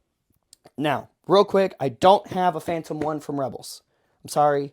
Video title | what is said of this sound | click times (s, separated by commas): Rebelscum.com Unboxes & Reviews The Vintage Collection HasLab Ghost | like the greens and blues a lot all right this just stocks right here just clicks in place | 0.5 s